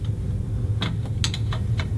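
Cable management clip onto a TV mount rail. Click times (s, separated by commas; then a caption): 1.2 s. The cable management piece from an InstallerParts black aluminum and tempered-glass double-deck DVD mount kit is slid up the bottom of the mount rail. A series of short, sharp clicks sounds over a steady low hum, at about 0.8, 1.2, 1.3, 1.5 and 1.8 seconds. The loudest, at 1.2 seconds, is the piece snapping into place on the rail, seated.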